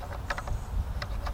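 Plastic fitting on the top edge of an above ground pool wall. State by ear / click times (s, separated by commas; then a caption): seated / 0.3 s, 1.0 s. A plastic fitting on the top edge of an above ground pool wall is pressed on until its small lip pops into place, though it also pops back up easily. Sharp plastic pops land at 0.3 s and 1.0 s, with a few fainter snaps around them over a steady low rumble. The lip is seated.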